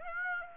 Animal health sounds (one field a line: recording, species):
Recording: mosquito wingbeat signal from an infrared sensor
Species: Aedes aegypti